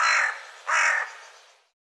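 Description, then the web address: Bird giving two harsh, hoarse caws, the second after a short pause, then fading out. "cianscape birddata Deverinetal"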